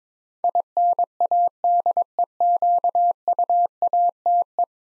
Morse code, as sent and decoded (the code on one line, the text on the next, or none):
.. -. .- -.. . --.- ..- .- - .
INADEQUATE